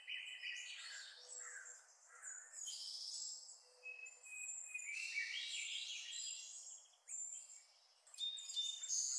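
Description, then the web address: Birds singing: mixed chirps, trills and thin whistles in dense overlapping phrases, ending with sharp high notes. "i OS 26 Sounds Birdsong"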